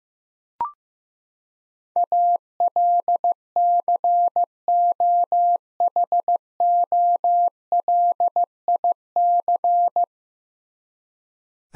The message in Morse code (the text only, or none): ALCOHOLIC